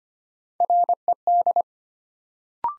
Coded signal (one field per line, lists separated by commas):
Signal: Morse code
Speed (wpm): 25 wpm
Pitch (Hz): 700 Hz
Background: none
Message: RED